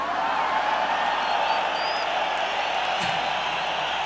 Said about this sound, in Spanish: Pero oí que la banda empezó a gritar, culeros, culeros. Y les dije a aquellos cabrones, oye, creo que nos están llamando.